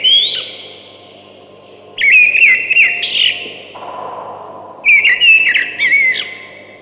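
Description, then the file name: Thrush song: clear whistled phrases with quick warbling notes, given in bursts separated by pauses. "Zvuki prirody Golosa ptic - Drozd"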